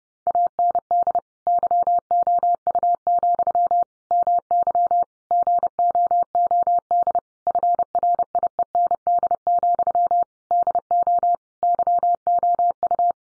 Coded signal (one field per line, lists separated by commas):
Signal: Morse code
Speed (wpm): 30 wpm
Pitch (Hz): 700 Hz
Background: none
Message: AND YOU, MY GOOD FRIEND, DO YOU